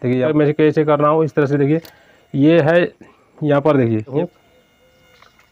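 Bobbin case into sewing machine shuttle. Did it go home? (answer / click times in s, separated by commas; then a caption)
yes / 5.2 s, 5.4 s. A metal bobbin case is pushed into the shuttle under the needle plate of a sewing machine while someone talks. After the speech stops, two faint clicks sound at 5.2 s and 5.4 s as the case clicks into place and is caught, so it is seated and okay.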